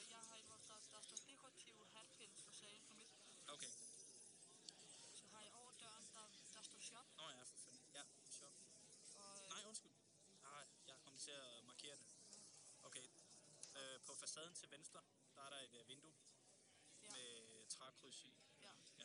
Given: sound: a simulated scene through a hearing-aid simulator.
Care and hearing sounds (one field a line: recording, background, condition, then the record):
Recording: conversation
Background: cafeteria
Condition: +4 dB SNR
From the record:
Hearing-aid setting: III (slow-acting compression, loudness normalization, advanced features for about 2.5 dB of SNR improvement)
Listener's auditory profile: D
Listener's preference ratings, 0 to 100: 78, 79, 84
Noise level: 65 dB SPL